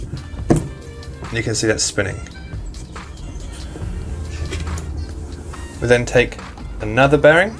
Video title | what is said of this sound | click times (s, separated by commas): How to SET UP a Streetboard | we place them over the bearing and then we push down with our hands you get a nice little click and | 0.5 s